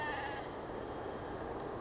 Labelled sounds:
Western Flycatcher (Empidonax difficilis)

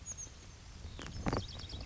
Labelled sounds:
Oak Titmouse (Baeolophus inornatus)

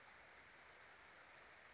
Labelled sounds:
Western Flycatcher (Empidonax difficilis)

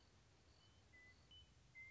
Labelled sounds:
Western Meadowlark (Sturnella neglecta)

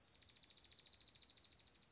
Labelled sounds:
Dark-eyed Junco (Junco hyemalis)

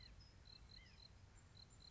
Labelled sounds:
White-breasted Nuthatch (Sitta carolinensis)

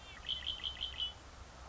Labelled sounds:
Red-winged Blackbird (Agelaius phoeniceus)

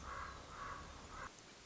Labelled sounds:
Common Raven (Corvus corax)

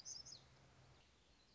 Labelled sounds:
Black-throated Gray Warbler (Setophaga nigrescens)

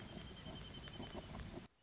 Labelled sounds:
Wrentit (Chamaea fasciata)

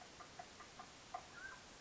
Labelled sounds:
Mountain Quail (Oreortyx pictus)

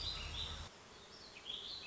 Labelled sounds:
Warbling Vireo (Vireo gilvus)

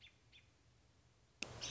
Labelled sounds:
American Robin (Turdus migratorius)

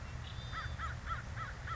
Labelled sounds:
American Crow (Corvus brachyrhynchos)

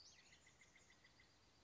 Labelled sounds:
Western Flycatcher (Empidonax difficilis)

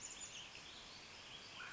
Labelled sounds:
Mountain Quail (Oreortyx pictus)

